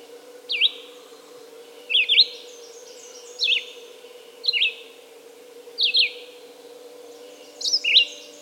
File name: red-eyed vireo song by jonathon jongsma